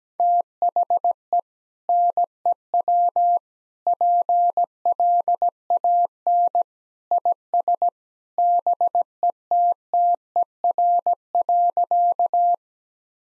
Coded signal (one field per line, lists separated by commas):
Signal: Morse code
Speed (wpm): 17 wpm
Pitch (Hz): 700 Hz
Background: none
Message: THE NEW PLAN IS BETTER.